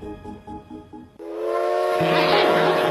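A rhythmic chugging pattern gives way to a loud, sustained train whistle blast, a steady rich harmonic tone layered with breathy steam hiss that holds to the end.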